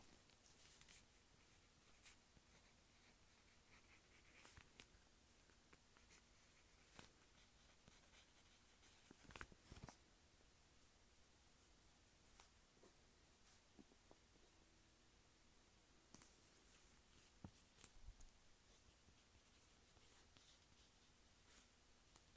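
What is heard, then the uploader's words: Pen writing in a journal: soft, steady scratching with irregular clicks and taps, a louder cluster near nine seconds, over a low constant hum. Writing in journal.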